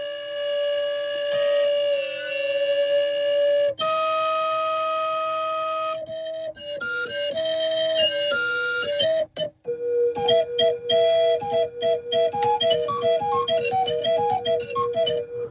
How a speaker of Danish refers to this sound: for ligesom at kunne spille, altså så det, jeg spiller på tastaturet her på keyboardet, svarer til de toner, der kommer ud af fløjterne. Men jeg prøver lige at stemme det en lille smule.